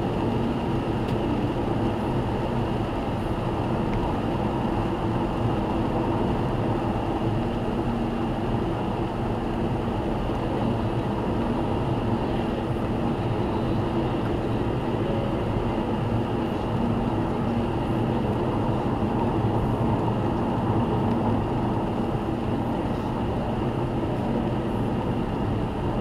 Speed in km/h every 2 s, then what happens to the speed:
94, 94, 94, 93, 93, 92, 91, 92, 91, 89, 87, 87, 86.
0-26 steady at about 92.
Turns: none.